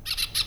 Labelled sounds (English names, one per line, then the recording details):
Brown-throated Parakeet contact call
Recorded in Venezuela
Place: Cerro Saroche, Hato Dalmatela, Edo. Lara
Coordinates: 10.149, -69.534